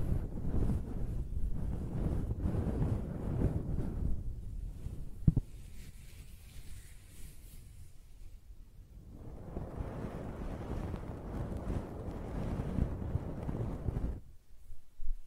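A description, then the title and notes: Close-up hair being rubbed and brushed against the microphone, a dense, muffled low rustling for the first five seconds, cut by a sharp click near five seconds. After a quieter stretch, brighter, crisper scratching strokes return from about nine to fourteen seconds, then stop abruptly. ASMR Close-Up Hair Sounds - Scratching, Brushing, Stroking (No Talking).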